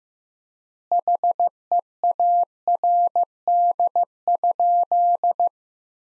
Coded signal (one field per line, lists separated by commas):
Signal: Morse code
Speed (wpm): 15 wpm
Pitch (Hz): 700 Hz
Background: none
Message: HEARD?